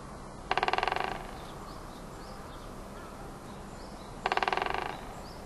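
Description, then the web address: Great spotted woodpecker drumming: two short, rapid bursts of sharp even knocks, each lasting about half a second, spaced roughly four seconds apart over a steady background hiss. Recorded in Sapporo on 23 March 2011. "koe akagera 110323 sapporo namba"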